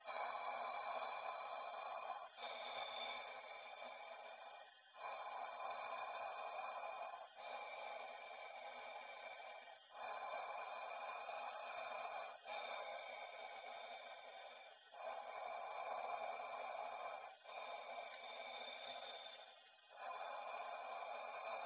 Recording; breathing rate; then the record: paced breathing near a phone; 12 breaths a minute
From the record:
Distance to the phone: 20 cm